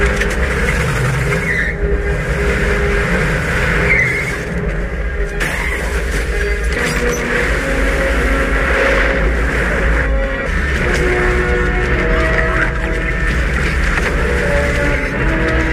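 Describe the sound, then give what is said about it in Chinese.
A car engine runs loudly and steadily for the whole stretch, a dense low rumble with occasional surges in pitch as it accelerates, as the car is driven off a ferry into the sea; no voices. “莉比见自己的计划落空，便铤而走险，趁莱曼下车买水的功夫，将汽车从渡船上驶入了大海。”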